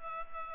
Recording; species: mosquito wingbeat signal from an infrared sensor; Culex pipiens